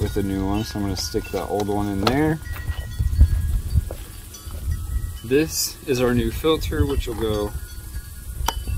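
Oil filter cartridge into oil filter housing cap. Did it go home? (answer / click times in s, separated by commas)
yes / 8.5 s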